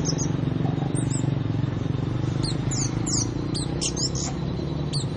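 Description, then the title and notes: Oriental magpie-robin song: sharp, high whistled notes, sparse at first and then clustered in a rapid burst, over a constant low hum. "Kicau Kacer. manukmanukan"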